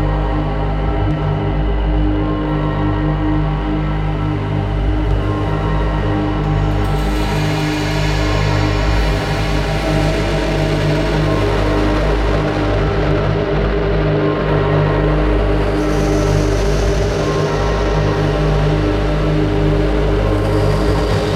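Rubbing on an overturned bass drum blends with synthetic pads into a steady, dense drone, brightening at about 7 seconds and again near 15.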